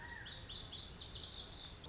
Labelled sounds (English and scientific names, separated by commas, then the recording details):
Lazuli Bunting (Passerina amoena)
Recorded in Sonoma County, California